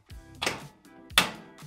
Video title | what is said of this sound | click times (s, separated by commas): Our Bathroom is Missing Something VERY Important | I heard a click I think that was it | 1.2 s